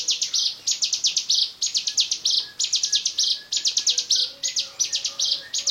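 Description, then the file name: Bar-winged prinia, insistent high song phrases of rapid ticking notes with a trilled ending, repeated steadily about every second with short gaps. "ciblekmonster"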